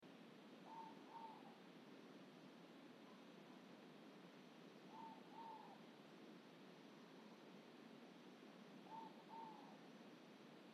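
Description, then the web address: Ivory-breasted pitta calling in mellow two-note whistles, three pairs spaced roughly four seconds apart, over a steady noisy backdrop. Indonesia. "ULM-DS-Lab indonesian-bird-sounds. Pitta maxima"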